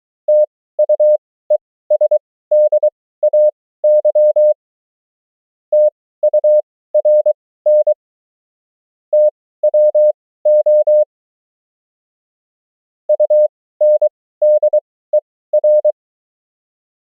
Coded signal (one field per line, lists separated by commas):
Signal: Morse code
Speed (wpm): 24 wpm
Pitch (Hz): 600 Hz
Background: none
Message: TUESDAY TURN TWO UNDER